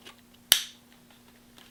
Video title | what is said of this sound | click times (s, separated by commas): ABS II - Installation & Review of Rebuilt Unit | clicks right in. Perfect. | 0.5 s